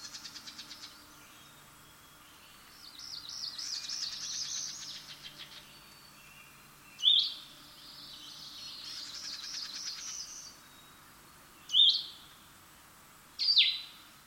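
Blue-headed vireo song: a few short, clear slurred phrases, with longer buzzy trills also heard.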